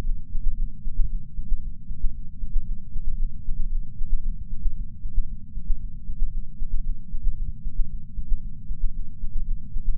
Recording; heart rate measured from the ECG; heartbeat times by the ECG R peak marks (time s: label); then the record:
heart sounds by patch sensor on the chest; 115 bpm
0.01 s: heartbeat
0.53 s: heartbeat
1.06 s: heartbeat
1.58 s: heartbeat
2.10 s: heartbeat
2.62 s: heartbeat
3.14 s: heartbeat
3.67 s: heartbeat
4.19 s: heartbeat
4.72 s: heartbeat
5.24 s: heartbeat
5.76 s: heartbeat
6.28 s: heartbeat
6.80 s: heartbeat
7.33 s: heartbeat
7.85 s: heartbeat
8.37 s: heartbeat
8.90 s: heartbeat
9.42 s: heartbeat
9.95 s: heartbeat
From the record:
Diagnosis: coronary artery disease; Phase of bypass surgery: intraoperative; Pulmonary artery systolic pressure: 19 mmHg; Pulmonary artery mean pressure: 14 mmHg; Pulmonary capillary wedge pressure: 9 mmHg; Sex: female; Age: 71 years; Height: 150 cm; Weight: 59 kg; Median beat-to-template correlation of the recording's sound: 0.94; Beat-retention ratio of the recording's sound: 0.98